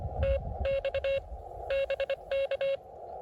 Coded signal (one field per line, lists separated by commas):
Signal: Morse code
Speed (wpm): 22 wpm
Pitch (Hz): 590 Hz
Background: none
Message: TX BK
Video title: KI5GBQ at K-2779 Morse Code Activation